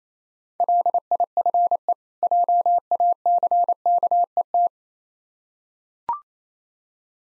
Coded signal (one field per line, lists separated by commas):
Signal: Morse code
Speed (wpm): 28 wpm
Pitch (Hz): 700 Hz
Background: none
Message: LIFE JACKET